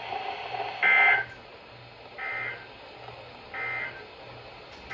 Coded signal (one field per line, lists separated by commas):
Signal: Emergency Alert System (SAME) tones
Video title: The Wild Alertfest - Alerts from 7/15/24 - 7/17/24 (EAS #1144 - 1163)